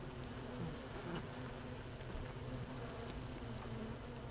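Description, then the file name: Honey bee hive drone, steady and low-pitched, with a short hissy burst near the one-second mark. Hive 1 with no queen, recorded 31 May 2018 at 15:30. "Hive 1 31 05 2018 NO Queen Bee H 1"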